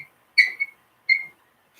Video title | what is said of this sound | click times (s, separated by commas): How To Load 2 Quilts On The Longarm At 1 Time | And what I'm going to do is snap it in, make sure that it's making the snap sound away from me. | 1.1 s